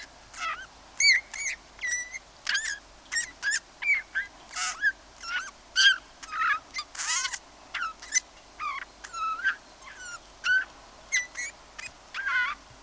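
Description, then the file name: Eurasian bullfinch calls, many brief piping and bending whistles with occasional harsh bursts, repeated unevenly across the whole stretch. "Pyrrhula pyrrhula"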